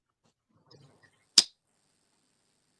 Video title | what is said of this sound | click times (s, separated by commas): The Lost Boys Live - Ep 07 - Lost in Kelham Island | I think you hear that snap. | 1.4 s